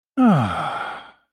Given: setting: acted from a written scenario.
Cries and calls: vocal sound without words; serenity

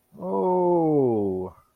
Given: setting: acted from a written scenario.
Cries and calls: vocal sound without words; positive surprise

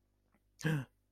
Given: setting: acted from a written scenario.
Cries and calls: vocal sound without words; negative surprise

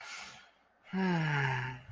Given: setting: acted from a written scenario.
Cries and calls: vocal sound without words; romantic love

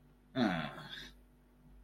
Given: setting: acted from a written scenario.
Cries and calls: vocal sound without words; embarrassment

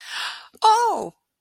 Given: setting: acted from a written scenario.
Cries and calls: vocal sound without words; positive surprise

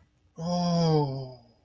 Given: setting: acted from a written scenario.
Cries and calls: vocal sound without words; ecstasy

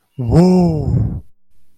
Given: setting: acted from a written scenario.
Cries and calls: vocal sound without words; romantic love

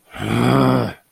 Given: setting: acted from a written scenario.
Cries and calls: vocal sound without words; anger

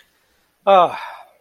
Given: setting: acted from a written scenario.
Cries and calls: vocal sound without words; ecstasy

